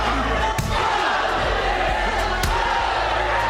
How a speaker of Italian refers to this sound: A volte sentivi solo il sordo rumore dei pugni al di sopra delle grida.